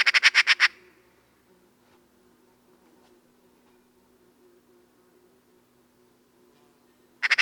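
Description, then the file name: Eurasian magpie with a short rasping rattle of several quick notes, a long quiet gap, then a fresh chatter starting at the very end. "Pica pica"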